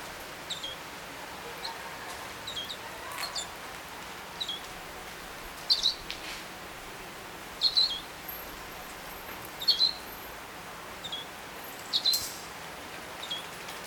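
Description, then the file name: European goldfinch giving short, high twittering call notes in small bursts roughly every one to two seconds, over a steady hiss of background noise. "Carduelis carduelis"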